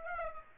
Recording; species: mosquito wingbeat signal from an infrared sensor; Aedes aegypti